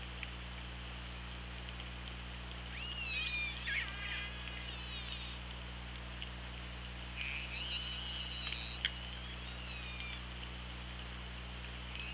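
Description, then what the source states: Killer whale pulsed calls in two bursts of warbling, harmonic-rich sweeps that rise and fall, a few scattered clicks, over steady low hum and hiss. Underwater recording from an OrcaLab hydrophone, 24 August 2017 at 18:05.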